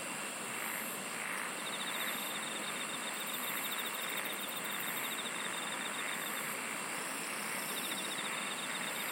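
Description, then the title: Insect chorus with buzzy pulsed trills coming in bursts at two pitches, layered over a continuous high hum and hiss. "SINGING OF INSECTS"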